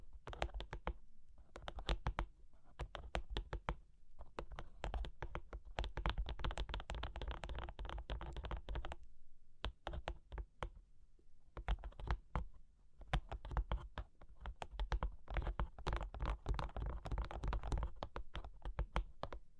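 Cork and wood are tapped, scratched and traced in quick, uneven flurries of small clicks and taps, dense at times, sparser at others. Between the taps run scratchy rubbing passages, busiest from about three to nine seconds and again near the end.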